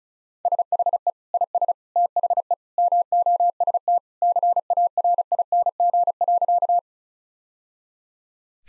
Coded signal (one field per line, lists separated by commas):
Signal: Morse code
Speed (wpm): 35 wpm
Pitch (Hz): 700 Hz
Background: none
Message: SHE IS THE MOST CARING.